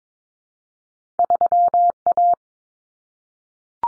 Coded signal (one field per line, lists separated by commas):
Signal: Morse code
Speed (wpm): 22 wpm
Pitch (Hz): 700 Hz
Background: none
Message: 3A